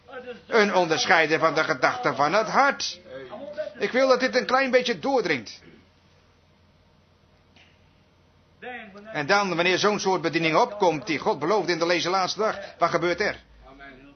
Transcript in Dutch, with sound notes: Een onderscheider van de gedachten van het hart! Ik wil dat dit een klein beetje doordringt. [Broeder Branham pauzeert – Vert]
199 En dan, wanneer zo'n soort bediening opkomt, die God beloofde in deze laatste dag, wat gebeurt er?